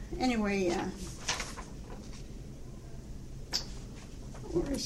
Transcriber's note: shuffles papers